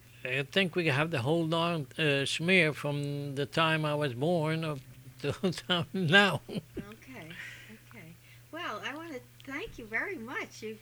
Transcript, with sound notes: I think we have the whole long smear from the time I was born to the time now. ( he laughs )
Okay, okay. Well, I want to thank you very much.